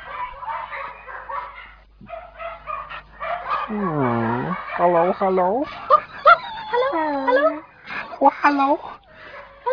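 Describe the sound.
Puppies at a dog shop yip and whimper in a busy cluster of high, wavering whines and short rising cries, following a few seconds of talking, with the yelps overlapping in an excited, uneven rhythm.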